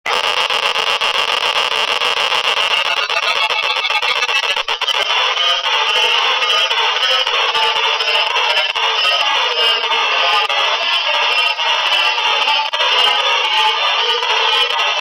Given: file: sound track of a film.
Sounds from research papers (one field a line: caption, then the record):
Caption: Teevra and Komal Neurons are Identified by the Pattern (“Sound”) of Their Burst Firing Simultaneously recorded Teevra (neuron id: 10) and Komal (neuron id: 9) cells have distinct burst durations. When we listen to the bursts of action potential waveforms, neurons with a short burst duration have a “sharp” vocalization, whereas neurons with a long burst duration sound “flat” or “soft.” This gives them their Sanskrit names which are inspired from Hindustani classical music. Teevra is the “sharp” vocalization of the short burst duration neurons whereas Komal is the “soft” or “flat” vocalization of the long burst duration neurons.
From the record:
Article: Behavior-Dependent Activity and Synaptic Organization of Septo-hippocampal GABAergic Neurons Selectively Targeting the Hippocampal CA3 Area